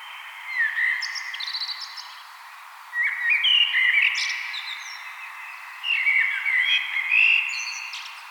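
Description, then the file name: Common blackbird singing three melodious phrases, each a warbling flute-like whistle that ends in a shrill twitter, with short pauses between them. "Turdus merula"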